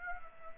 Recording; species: mosquito wingbeat signal from an infrared sensor; Aedes aegypti